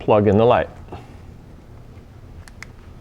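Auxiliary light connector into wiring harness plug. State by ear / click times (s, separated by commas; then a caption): seated / 2.6 s. A Clearwater auxiliary light's wiring connector is plugged into its mating plastic connector in the wiring harness on a BMW R1200GS motorcycle. Someone talks briefly, then after a quiet stretch a faint tick comes at about 2.5 s and a sharp, brief click at 2.6 s as the connector latches and seats.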